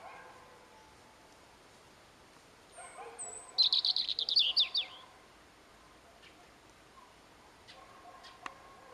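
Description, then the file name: European robin song: a faint thin note, then a brief burst of high, rapid, twittering notes midway, followed by quiet background with a few soft sounds. "Erithacus rubecula"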